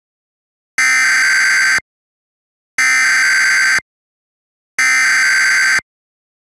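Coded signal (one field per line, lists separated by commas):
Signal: Emergency Alert System (SAME) tones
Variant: header bursts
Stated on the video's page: Fictional EAS scenario screen test containing valid EAS tones, made with editing software.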